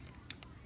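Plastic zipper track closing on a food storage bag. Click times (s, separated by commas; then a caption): 0.3 s. The plastic zipper track of a ziplock bag holding chicken in pickle juice is pressed closed, giving a sharp click at 0.3 s against a low background hum. A fainter tick follows at about 0.4 s. The seal clicks shut and the bag is sealed.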